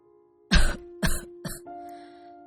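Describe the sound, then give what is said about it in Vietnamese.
An old man coughs three times in a row, harsh and throaty, each burst weaker than the last, followed by a low steady hum. “ho lên một tràng, sau đó mới yếu ớt nói.”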